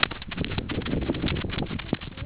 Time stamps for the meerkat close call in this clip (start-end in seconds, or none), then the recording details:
none. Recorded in the Kuruman River Reserve, South Africa. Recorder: an audio tag on a meerkat's collar